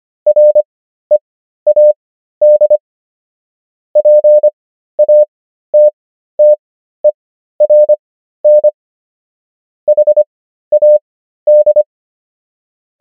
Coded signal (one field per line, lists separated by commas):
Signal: Morse code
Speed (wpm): 25 wpm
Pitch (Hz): 600 Hz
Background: none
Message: READ PATTERN HAD